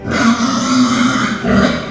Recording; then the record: squeal of a Yucatan mini pig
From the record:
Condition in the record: after surgery on the right vocal fold (resection and tissue-engineered implant); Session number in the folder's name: 13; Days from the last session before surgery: 113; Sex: female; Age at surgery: 19 weeks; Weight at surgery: 25 kg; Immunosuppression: prednisolone